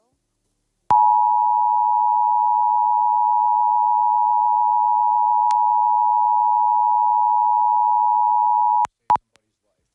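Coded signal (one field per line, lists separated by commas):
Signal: Emergency Alert System (SAME) tones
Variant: 853 and 960 Hz attention tone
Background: speech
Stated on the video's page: Ohio Required Monthly Test issued by civil authority and relayed on a TV station at 3:48 AM EST, effective for one hour.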